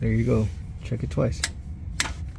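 Someone talks as a torque wrench is re-applied to the same drain bolt on the transfer case or rear differential of a GR Corolla Circuit Edition to double-check it. The wrench clicks at its setting again with a sharp click at 2.0 s, confirming the bolt is torqued.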